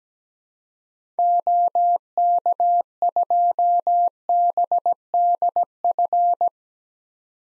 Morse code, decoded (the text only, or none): OK2BDF